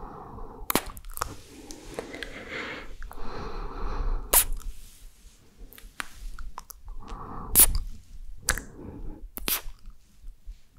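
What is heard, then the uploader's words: Chewing mouth sounds, wet and irregular, with soft smacking and squelching that rises and falls. Sharp clicks and snaps cut through now and then, the strongest near 4 and 7.5 seconds, with a few smaller ones around 1, 8.5 and 9.5 seconds. ASMR Mouth Sounds Chewing Sounds.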